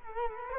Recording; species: mosquito wingbeat signal from an infrared sensor; Culex quinquefasciatus